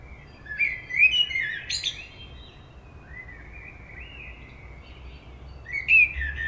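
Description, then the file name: Common blackbird delivering a fluty phrase ending in a sharp high twitter, followed by soft, quiet warbles and the start of another loud phrase. "Turdus merula"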